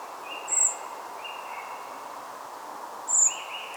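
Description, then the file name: Common blackbird calls: two thin, very high seee notes about two and a half seconds apart, with faint lower whistled tones and steady background hiss. "Turdus merula"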